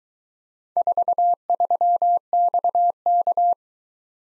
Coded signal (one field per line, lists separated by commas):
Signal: Morse code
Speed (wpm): 22 wpm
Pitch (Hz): 700 Hz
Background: none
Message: 43XK